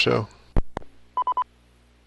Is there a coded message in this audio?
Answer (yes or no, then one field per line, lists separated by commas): no